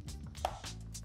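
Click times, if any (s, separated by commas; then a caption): 0.4 s. A RAM stick is pushed down into the motherboard DIMM slot farthest from the CPU until the slot latch clicks shut. A sharp click is heard at 0.5 s over a low background hum with faint rustling, and the stick is seated.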